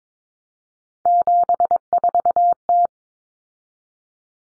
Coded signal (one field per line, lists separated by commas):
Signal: Morse code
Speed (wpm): 22 wpm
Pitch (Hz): 700 Hz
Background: none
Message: 74T